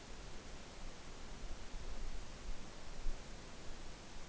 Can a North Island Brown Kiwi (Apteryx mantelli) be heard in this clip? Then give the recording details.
no. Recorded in New Zealand on 14 November 2013. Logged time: 02:19